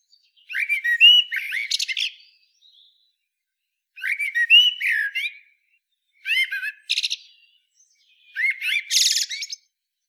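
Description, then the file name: Eurasian blackbird song: four fluted phrases with pauses between them, with scratchy, high twittering flourishes. "Turdus merula"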